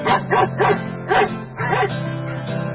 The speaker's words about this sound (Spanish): Escucho al perro.